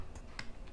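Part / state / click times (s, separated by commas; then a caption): slide rail flex connector into console board socket / seated / 0.4 s. The flex connector of a replacement Joy-Con slide rail is pressed into its socket on a Nintendo Switch console board. A single sharp, bright click sounds at 0.4 s over low background noise, with a fainter tick at the very end. The connector is seated.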